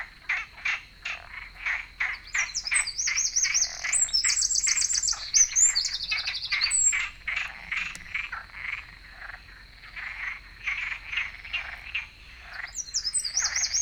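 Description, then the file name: Eurasian wren song: fast, high, rattling trills in a few bursts, with steady rhythmic pulsing notes in the background. "Troglodytes troglodytes"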